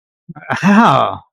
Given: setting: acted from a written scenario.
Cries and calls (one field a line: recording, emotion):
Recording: vocal sound without words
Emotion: pain